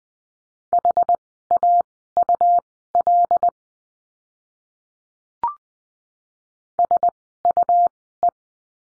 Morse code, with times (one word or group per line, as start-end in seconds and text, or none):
0.7-3.5 HAUL
6.8-8.3 SUE